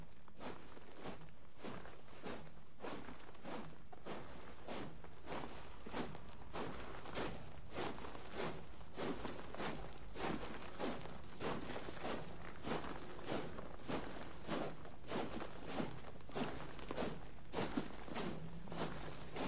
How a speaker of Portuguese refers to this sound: arrastam os cabos de gravação para fora do estúdio e, abraçados à moda do canto alentejano, arrastam balançadamente os pés na gravilha.